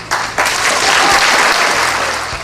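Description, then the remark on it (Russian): An audience in a theatre hall bursts into applause as two compères walk onto a brightly lit proscenium from both sides. It is a dense, steady wash of many hands clapping at once, loud and sustained before tapering slightly at the end. “Раздаются аплодисменты.”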